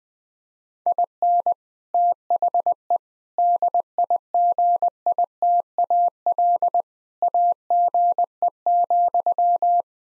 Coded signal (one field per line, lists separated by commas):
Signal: Morse code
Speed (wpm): 20 wpm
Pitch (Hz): 700 Hz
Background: none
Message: IN THE DIGITAL AGE,